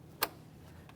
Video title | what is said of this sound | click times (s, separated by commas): How to Replace VVT Solenoids 2017-2023 GMC Acadia 3.6L V6 | now it come down along where the valve is press this in listen for a click | 0.2 s